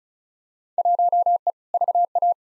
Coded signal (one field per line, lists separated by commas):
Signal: Morse code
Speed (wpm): 36 wpm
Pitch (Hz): 700 Hz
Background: none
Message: 1E VA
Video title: Field Day Exchange v2 - 35wpm